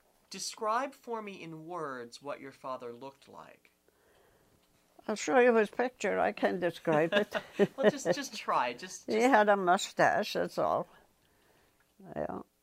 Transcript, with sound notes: Describe for me in words what your father looked like.
I'll show you his picture. I can't describe it. [Laughs]
Well, just try. Just —
He had a moustache, that's all. Yeah.